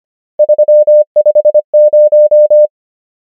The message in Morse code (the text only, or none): 3 5 0